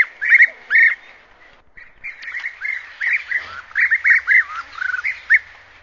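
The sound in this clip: European bee-eater calls: short rolling, arched notes near the same pitch, given in quick irregular bursts, with a brief pause early on.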